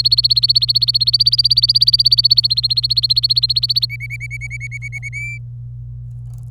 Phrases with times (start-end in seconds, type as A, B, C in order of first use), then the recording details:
0.00-3.85 A, 3.90-5.09 B, 5.13-5.37 C. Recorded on 25 April 2018 at 16:58. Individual llb3